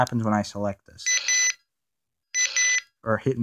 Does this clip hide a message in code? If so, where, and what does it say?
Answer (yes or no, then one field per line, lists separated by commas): no